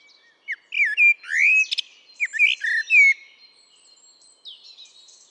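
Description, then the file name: Common blackbird singing one mellow, whistled phrase of slurred notes that runs into squeaky, high-pitched twittering, then fades. "Turdus merula"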